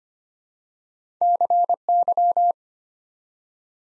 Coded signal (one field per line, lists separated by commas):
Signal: Morse code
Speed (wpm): 25 wpm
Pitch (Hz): 700 Hz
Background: none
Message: CY